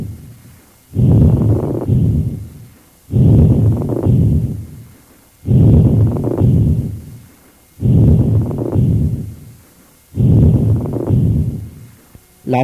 The pleural rub in acute dry pleurisy. This is a creaking, grating sound, loud, superficial, and present in both inspiration and expiration.